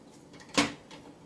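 A loaded hard drive caddy slides into the drive cage of a PC case and seats. A single knock-like hit at 0.6 s marks it going home, with faint sliding sounds before and after.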